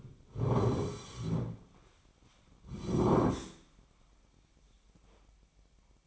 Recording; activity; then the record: daily activity, microphone in the room; sit down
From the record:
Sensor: 1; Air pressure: 1009.3 hPa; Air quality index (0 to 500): 180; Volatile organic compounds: 3 ppm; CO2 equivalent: 1516 ppm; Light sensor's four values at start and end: 45/118/49/59 and 47/124/51/61